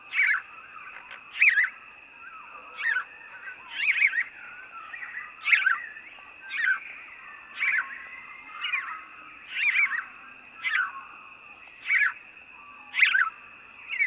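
House sparrow chirping steadily, about a dozen sharp chirps spaced roughly a second apart, accompanied by a continuous high hum.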